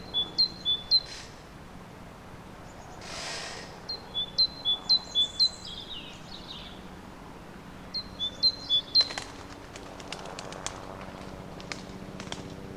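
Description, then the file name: Great tit repeating sharp two-note high-low phrases in three short bouts, with a rushing noise between the first two and a burst of clicking sounds after the last. "Parus major"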